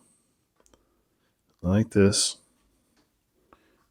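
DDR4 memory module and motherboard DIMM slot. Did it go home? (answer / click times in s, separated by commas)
no / none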